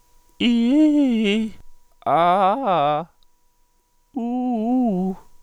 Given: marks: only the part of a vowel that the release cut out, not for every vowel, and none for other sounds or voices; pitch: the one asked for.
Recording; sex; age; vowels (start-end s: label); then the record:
sustained vowels; male; 30 to 39 years
0.48-1.27 s: vowel /i/, low-high-low pitch
2.12-2.94 s: vowel /a/, low-high-low pitch
4.24-5.02 s: vowel /u/, low-high-low pitch
From the record:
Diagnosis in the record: spasmodic dysphonia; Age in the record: 35 years